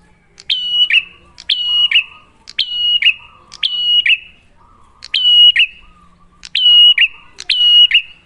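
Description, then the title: Prinia song: a sharp click followed by a steady high whistled note dropping to a shorter lower note, repeated about once a second, seven phrases. Prenjak master recording (masteran), a duet of Cililin vs Kapas Tembak; lure (pancingan) to make a prenjak sing, in active (gacor), clear song. "Masteran Duet Cililin Vs Kapas Tembak. Pancingan Prenjak Gacor Suara Jernih"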